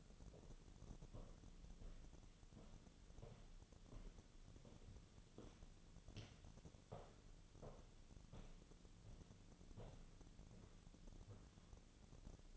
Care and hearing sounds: daily activity, microphone in the room; walk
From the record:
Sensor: 4

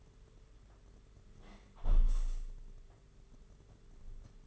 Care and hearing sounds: daily activity, microphone in the room; close window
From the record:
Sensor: 4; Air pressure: 992.1 hPa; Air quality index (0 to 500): 96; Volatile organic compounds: 10 ppm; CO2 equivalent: 2252 ppm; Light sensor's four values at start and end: 22/77/28/30 and 22/76/28/29

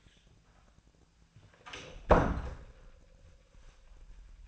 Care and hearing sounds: daily activity, microphone in the room; close door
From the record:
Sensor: 2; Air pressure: 1009.1 hPa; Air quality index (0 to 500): 191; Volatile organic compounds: 3 ppm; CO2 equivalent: 1385 ppm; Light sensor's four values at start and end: 30/80/34/36 and 30/79/33/35

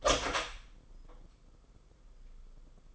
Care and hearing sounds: daily activity, microphone in the room; open door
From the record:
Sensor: 5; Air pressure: 990.6 hPa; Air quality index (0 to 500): 150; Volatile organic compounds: 163 ppm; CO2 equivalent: 4076 ppm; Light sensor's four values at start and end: 27/64/26/29 and 27/65/27/29

